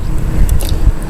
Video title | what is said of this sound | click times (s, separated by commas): The Jeep Wrangler Headlight UPGRADE That Actually Makes SENSE | and we should hear a click | 0.5 s, 0.6 s